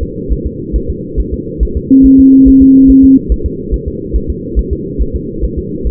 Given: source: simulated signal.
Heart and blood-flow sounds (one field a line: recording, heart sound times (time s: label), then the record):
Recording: fetal heart sounds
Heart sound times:
0.03 s: S2
0.33 s: S1
0.47 s: S2
0.76 s: S1
0.90 s: S2
1.20 s: S1
1.34 s: S2
1.63 s: S1
1.77 s: S2
2.06 s: S1
2.20 s: S2
2.48 s: S1
2.62 s: S2
2.90 s: S1
3.04 s: S2
3.32 s: S1
3.46 s: S2
3.74 s: S1
3.88 s: S2
4.16 s: S1
4.30 s: S2
4.59 s: S1
4.73 s: S2
5.02 s: S1
5.16 s: S2
5.44 s: S1
5.58 s: S2
5.87 s: S1
From the record:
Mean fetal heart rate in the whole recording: 140 bpm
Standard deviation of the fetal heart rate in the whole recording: 2 bpm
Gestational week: 34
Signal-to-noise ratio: -6.6 dB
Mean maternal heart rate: 72 bpm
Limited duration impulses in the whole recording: present